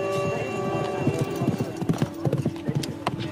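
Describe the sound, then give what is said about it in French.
Rapid, rhythmic hoofbeats of a galloping horse at a traditional nomadic games horseback archery contest below the Tien Shan mountains, thudding in quick repeating clusters over a steady tonal hum, with faint background voices mixed in. “Des jeux traditionnels, comme ce concours de tir à l'arc, à cheval, auquel participent autant de femmes que d'hommes.”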